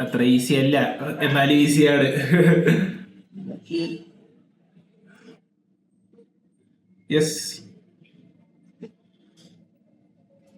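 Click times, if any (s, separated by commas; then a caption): 8.1 s, 8.8 s. Someone talks, then an interchangeable bezel or 22 mm strap is aligned on the aluminum body of a CMF Watch Pro 2 smartwatch and pushed home. Faint clicks sound at 8.1 s and 8.8 s as the part seats in place.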